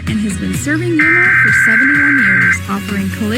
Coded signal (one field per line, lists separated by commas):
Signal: Emergency Alert System (SAME) tones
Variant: header bursts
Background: speech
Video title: IPAWS and Sacramento Tests (EAS #481-494) 7/1/24